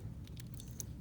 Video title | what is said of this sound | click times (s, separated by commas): Full Video Guide - DASH Study | and you're gonna hear a click | 0.8 s